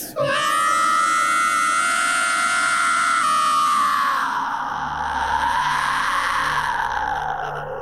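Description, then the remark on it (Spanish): A mandrake root's scream: one loud, piercing shriek held for several seconds, its pitch sagging and then wavering into a lower, warbling wail that carries on to the end, with no talking. “No, y que, como es común, el grito de la mandarágora.”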